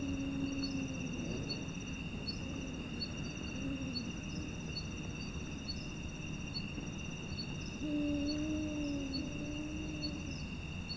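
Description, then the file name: Arabian eagle-owl hoots: a low note at the start, a faint one later, then a longer hoot near the end, under continuous insect trilling. Five individuals hooting together at dusk. "Arabian Eagle Owl Hooting Of Five Individuals At Dusk"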